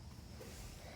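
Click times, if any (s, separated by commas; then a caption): none. A large wiring harness connector is handled while being hooked under a lip and levered down toward the catch on a reinstalled car engine control unit (ECU). Only a steady, low rumbling handling noise is heard, with no sharp sounds. Nothing has seated or clicked yet; the connector's latch has not snapped home.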